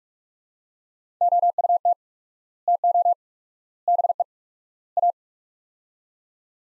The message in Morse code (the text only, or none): OUT TO BE A